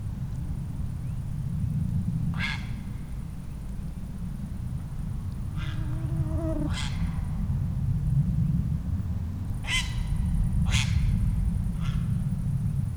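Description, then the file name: Grey heron rasping croaks in an irregular series, several short harsh calls plus one lower drawn-out note, against a strong continuous low rumble. "Ardea cinerea"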